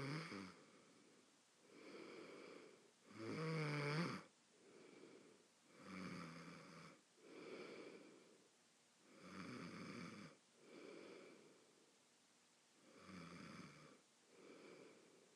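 Regular low, rattling snores with each breath from a sleeping adult, about 16 breath cycles a minute, typical sleep snoring.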